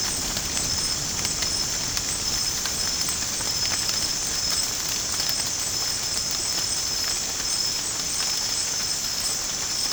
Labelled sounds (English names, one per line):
none